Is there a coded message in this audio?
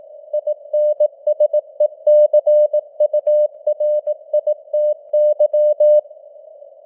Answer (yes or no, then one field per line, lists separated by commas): yes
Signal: Morse code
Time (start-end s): 0.3-6.0 s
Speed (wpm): 18 wpm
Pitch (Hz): 600 Hz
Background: none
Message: INSECURITY